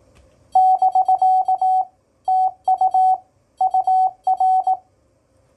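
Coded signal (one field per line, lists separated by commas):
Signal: Morse code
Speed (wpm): 18 wpm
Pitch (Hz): 750 Hz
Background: none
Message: <BK> TU UR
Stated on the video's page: Morse code sent with a Begali CW Machine keyer, intended for POTA use.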